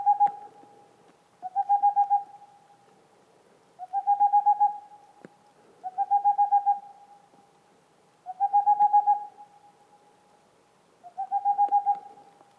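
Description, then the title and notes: Boreal owl song: six quick bursts of even hoots on one pitch, each run lasting about a second and coming roughly every two and a half seconds. Singing male near a Black Woodpecker nest hole, in the mountains near the Mediterranean, 2 April 2019, 20:15; homemade parabolic dish, two omni microphones, MixPre-3 recorder. "02 avril 2019-20h15-en montagne"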